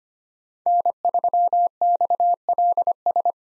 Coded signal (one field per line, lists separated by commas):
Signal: Morse code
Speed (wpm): 25 wpm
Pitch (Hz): 700 Hz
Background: none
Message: N3XLS